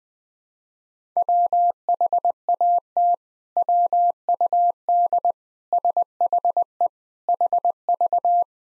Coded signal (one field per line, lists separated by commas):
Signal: Morse code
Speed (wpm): 20 wpm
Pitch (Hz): 700 Hz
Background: none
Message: WHAT WUD SHE HV